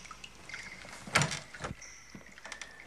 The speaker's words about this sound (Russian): Двери справа от диванчика открываются, входит князь Василий, Пьер встает.